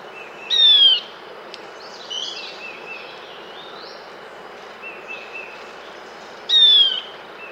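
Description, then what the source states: Tawny-faced gnatwren song, a clear high descending whistle repeated about every six seconds, with fainter bird calls and a steady hiss behind. South America.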